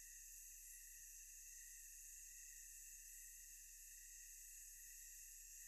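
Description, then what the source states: Insects in a steady tonal chorus, several continuous high humming bands layered together, unbroken throughout, with a faint low rumble underneath. Ambience of thick, tonal insect sounds.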